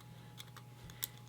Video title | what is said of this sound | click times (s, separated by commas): Sith Relic Badaxx | and you press it to get it get it to click and if I want to check that it's seated properly I | 1.0 s